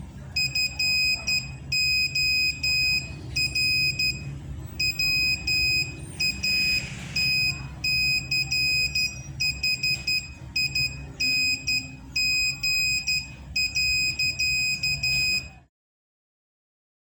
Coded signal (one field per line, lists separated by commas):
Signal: Morse code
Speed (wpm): 12 wpm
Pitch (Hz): 2500 Hz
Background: none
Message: FOR WATCHING.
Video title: Part 2 | CW Morse Code Decoder Encoder non Arduino Based Project